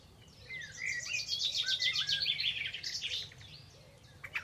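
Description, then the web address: Bird song: rapid high chittering trill of repeated notes, with a few lower whistled slurs at the start and a faint steady low hum beneath. "Deverinetal. Bird Only"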